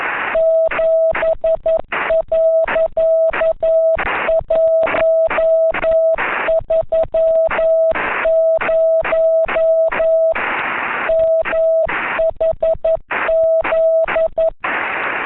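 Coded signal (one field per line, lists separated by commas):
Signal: Morse code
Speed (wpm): 11 wpm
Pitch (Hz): 650 Hz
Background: none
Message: 7.130 MHZ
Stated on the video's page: CW sent by net control during a simulated emergency test net on 7.130 MHz, 300 W into a vertical antenna, with CW at 10 and 15 WPM.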